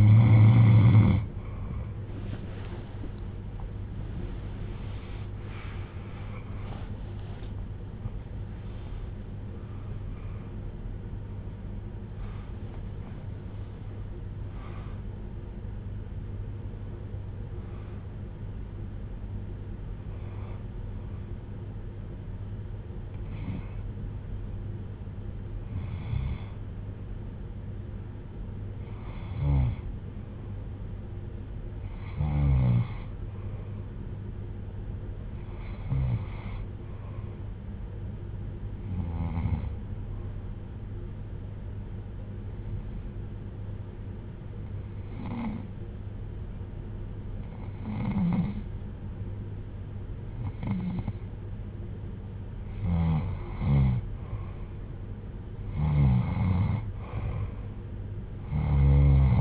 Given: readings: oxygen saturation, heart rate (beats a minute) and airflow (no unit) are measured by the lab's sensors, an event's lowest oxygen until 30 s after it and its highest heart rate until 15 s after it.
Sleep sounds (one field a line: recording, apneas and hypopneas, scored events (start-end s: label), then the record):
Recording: breathing in sleep by a smartphone at the bedside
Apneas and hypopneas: 1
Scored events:
13.00-59.41 s: new sleep stage, N2 (light sleep)
23.00-53.70 s: hypopnea (N2, oxygen 98% highest, then 92% lowest)
From the record:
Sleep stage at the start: N3 (deep sleep)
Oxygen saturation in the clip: 93 to 98%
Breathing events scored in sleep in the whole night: 310 in 8.1 hours asleep